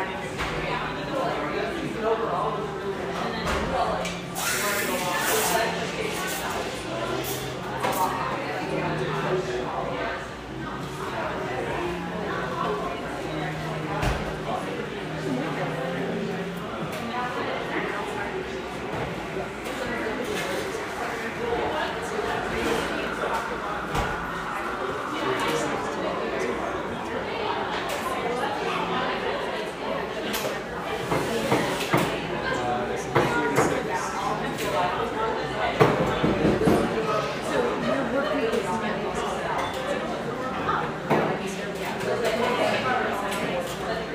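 A steady wash of many overlapping voices fills an indoor public space in a city neighborhood, busy without any one speaker standing out. Sharp clinks and clatters break through now and then, with a louder knock near the end.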